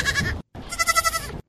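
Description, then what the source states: Two goat kids bleat in turn: a short bleat, a brief pause, then a longer, higher-pitched bleat with a pulsing tremolo. Two kids from a single UK farm, one from group one and one from group two, played side by side; group two's call is higher pitched; British study says kids develop group-dependent 'accents'.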